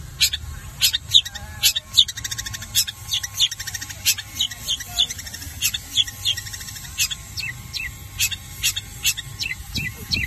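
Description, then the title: Long-tailed shrike song: many high, sharp notes and short chattering bursts spaced evenly throughout, over faint low noise. Combination song style (kombinasi). "Cendet Kombinasi"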